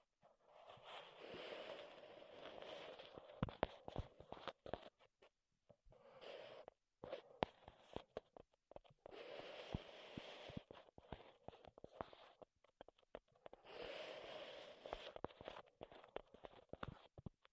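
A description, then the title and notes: Wooden triggers make dense scratching and rubbing noise in bursts of a few seconds, broken by short silences around 6–7 and 12–13 seconds. Sharp taps and clicks punctuate the rustling throughout. The sound is mid-toned, with a faint bright hiss over the busiest parts. ASMR Wood Triggers in Your Ears (No Talking).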